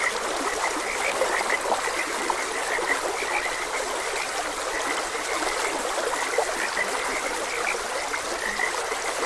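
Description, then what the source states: Frogs giving quick high croaks in a continuous overlapping chorus beside the even hiss of a flowing stream. Frogs croaking beside a gentle stream in a continuous ambient nature soundscape.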